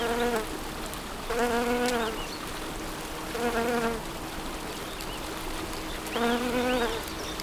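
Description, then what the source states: Bee buzzing in four humming passes, each swelling and fading within about a second, with a steady soft rush underneath. Bees in spring, with water.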